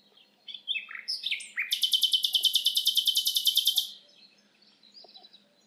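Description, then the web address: Common nightingale song: a few falling whistled notes, then a long, evenly pulsed, buzzing rattle of many rapid beats. Quiet soft notes follow. "SETE data Luscinia megarhynchos"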